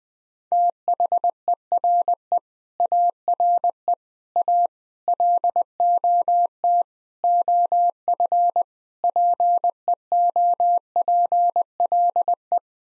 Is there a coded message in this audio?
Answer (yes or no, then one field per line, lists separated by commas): yes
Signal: Morse code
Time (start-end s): 0.5-12.6 s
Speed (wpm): 20 wpm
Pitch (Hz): 700 Hz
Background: none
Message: THERE ARE A LOT OF PEOPLE